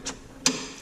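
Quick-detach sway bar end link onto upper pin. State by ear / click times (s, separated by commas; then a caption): seated / 0.5 s. The top quick-detach joint of a sway bar end link on a Can-Am X3 72-inch is started on its upper pin and pushed on. After a faint scuff near 0.1 s, a single sharp click lands at 0.5 s. The joint is seated and locked in.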